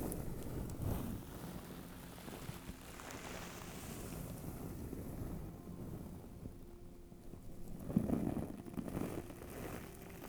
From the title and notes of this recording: Beanbag turning and shaking. In this episode I’ll be using a beanbag for binaural experience.